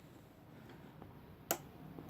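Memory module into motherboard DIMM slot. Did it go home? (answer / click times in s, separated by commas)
yes / 1.5 s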